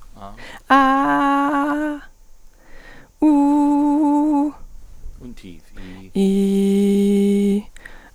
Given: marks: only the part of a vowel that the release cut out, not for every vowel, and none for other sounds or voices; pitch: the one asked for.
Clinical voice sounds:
sustained vowels; female; 20 to 29 years
0.74-1.87 s: vowel /a/, high pitch
3.26-4.41 s: vowel /u/, high pitch
6.25-7.52 s: vowel /i/, low pitch
From the record:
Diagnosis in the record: healthy voice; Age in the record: 23 years

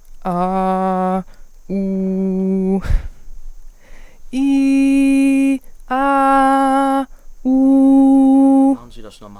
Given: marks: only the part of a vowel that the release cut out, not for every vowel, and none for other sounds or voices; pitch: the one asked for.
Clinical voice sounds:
sustained vowels; female; 20 to 29 years
0.34-1.09 s: vowel /a/, low pitch
1.80-2.66 s: vowel /u/, low pitch
4.86-5.47 s: vowel /i/, high pitch
6.01-6.90 s: vowel /a/, high pitch
7.59-8.64 s: vowel /u/, high pitch
From the record:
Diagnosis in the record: healthy voice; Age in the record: 24 years

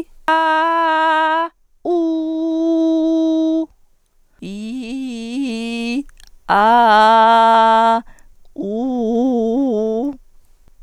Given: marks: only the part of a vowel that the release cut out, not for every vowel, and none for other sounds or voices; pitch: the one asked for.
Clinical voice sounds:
sustained vowels; female; 40 to 49 years
0.38-1.36 s: vowel /a/, high pitch
1.90-3.57 s: vowel /u/, high pitch
4.49-5.94 s: vowel /i/, low pitch
6.58-7.93 s: vowel /a/, low pitch
8.67-10.02 s: vowel /u/, low pitch
From the record:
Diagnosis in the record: singing voice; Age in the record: 41 years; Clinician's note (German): Akuter Infekt im Resonanztrakt, ausgebildete Stimme

